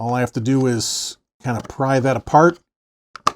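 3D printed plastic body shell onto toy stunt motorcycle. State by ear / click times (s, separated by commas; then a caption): seated / 3.2 s, 3.3 s. A custom 3D printed plastic body shell (fairing) for a toy stunt motorcycle is pried apart slightly while someone talks, then pushed forward onto the cycle. Two sharp plastic clicks at 3.2 s and 3.3 s mark it snapping into place, seated on the motorcycle.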